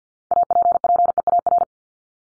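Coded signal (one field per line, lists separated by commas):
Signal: Morse code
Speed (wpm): 50 wpm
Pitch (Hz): 700 Hz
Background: none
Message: APPEAR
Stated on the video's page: Morse practice of the top 100 words ending in ES or S and their root words, at 50 wpm for head-copy training.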